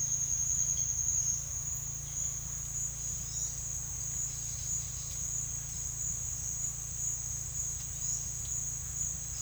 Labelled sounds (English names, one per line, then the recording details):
none
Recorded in secondary vegetation near Puerto Asís, Putumayo, Colombia, on 24 June 2025 at 09:30
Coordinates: 0.498, -76.327
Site GP09